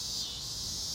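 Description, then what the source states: Cicada giving a continuous shrill buzz that stays level and unbroken throughout. Recorded in summer.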